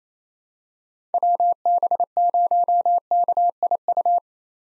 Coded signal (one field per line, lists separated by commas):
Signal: Morse code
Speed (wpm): 28 wpm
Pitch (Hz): 700 Hz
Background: none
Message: WB0KIU